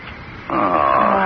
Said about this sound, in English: Boy, this car. There she goes again. Stalling all the time. So I'm going to take a look at the distributor.